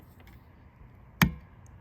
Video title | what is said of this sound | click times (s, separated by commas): Rear Wiper Replacement - Mach-E | you hear that click and then it should come right out | 1.2 s